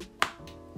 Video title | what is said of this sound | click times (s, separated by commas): Throwback Anime Figure Unboxing: FREE! Eternal Summer Scale Figures | he does he snapped right in | 0.2 s